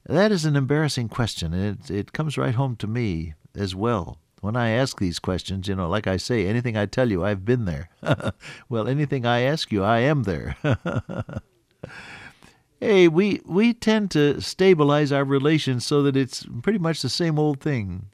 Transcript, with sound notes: That is an embarrassing question, and it comes right home to me as well, when I ask these questions, like I say, anything I tell you, I’ve been there. [chuckle] Well, anything I ask you, I am there. [chuckle] Hey, we tend to stabilize our relations so that it’s pretty much the same old thing.